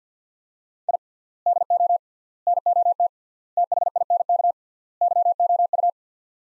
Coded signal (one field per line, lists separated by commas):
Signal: Morse code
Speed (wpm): 48 wpm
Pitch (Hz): 700 Hz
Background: none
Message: I DO NOT THINK YOU